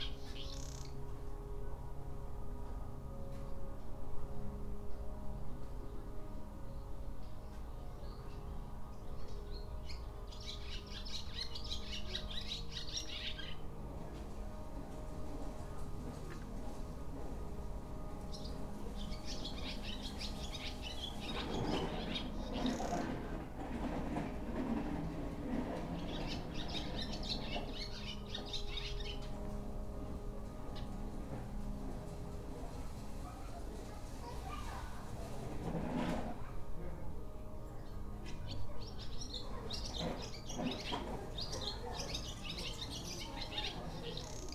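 Steady low machine hum and rumble runs through this stretch of wandering in Kanazawa, with scattered clatter and knocks. Bursts of bright chirping birdsong come and go, around 10, 20, 27 and 40 seconds, over a constant background drone.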